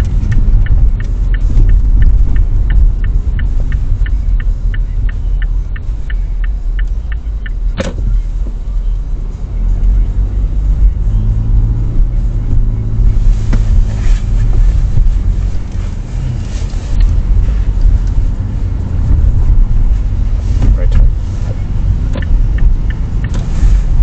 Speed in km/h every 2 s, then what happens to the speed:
21, 17, 10, 6, 8, 16, 20, 25, 27, 29, 29, 30.
0-5 slows to 6. 7-24 speeds up to 30.